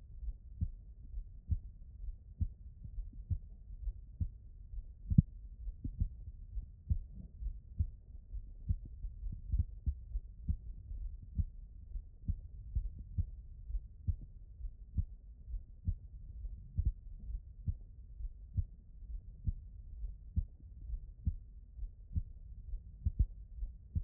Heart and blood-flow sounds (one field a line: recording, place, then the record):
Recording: heart sounds by stethoscope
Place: mitral valve (MV)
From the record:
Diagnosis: HFrEF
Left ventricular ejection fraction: 39%